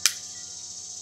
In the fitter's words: then you know to operate it, you have to press this red latch in, hear it click